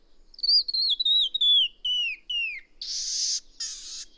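Bird delivering one run of clear whistles slipping downward, then two harsh noisy rasps.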